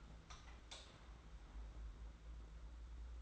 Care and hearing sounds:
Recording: daily activity, microphone in the room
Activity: light on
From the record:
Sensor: 3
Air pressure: 991.9 hPa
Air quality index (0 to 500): 223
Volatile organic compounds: 1000 ppm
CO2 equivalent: 7667 ppm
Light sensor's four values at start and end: 16/39/15/14 and 18/45/18/17

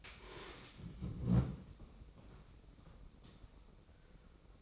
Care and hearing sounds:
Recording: daily activity, microphone in the room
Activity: stand up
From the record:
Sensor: 1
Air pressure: 990.6 hPa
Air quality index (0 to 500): 155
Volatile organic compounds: 1000 ppm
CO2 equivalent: 5634 ppm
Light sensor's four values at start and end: 26/61/26/28 and 26/60/26/28

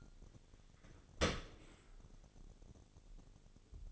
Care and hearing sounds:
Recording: daily activity, microphone in the room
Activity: open dishwasher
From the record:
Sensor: 4

